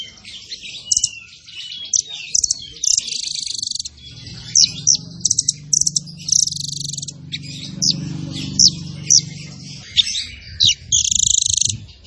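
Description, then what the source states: Zebra finch song of rapid high chirps and twittering bursts, some run together into brief buzzy trills, over a steady low hum in the middle part. Bird singing vigorously in rapid bursts, used as a model song for training other birds.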